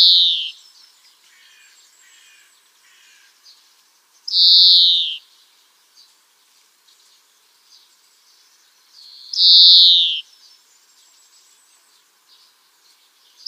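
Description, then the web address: European greenfinch giving loud, drawn-out nasal wheezes, each about a second long and falling slightly, spaced roughly five seconds apart, with soft twittering between. "Schulze Peter European Greenfinch song"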